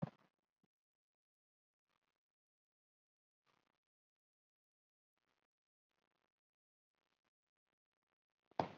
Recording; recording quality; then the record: deep breathing; poor, much background noise or distortion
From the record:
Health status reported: COVID-19 positive, mild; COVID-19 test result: positive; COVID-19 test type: RT-PCR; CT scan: not taken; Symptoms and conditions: hypertension, diabetes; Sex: male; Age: 70 years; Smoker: no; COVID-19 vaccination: none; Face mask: worn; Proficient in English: no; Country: India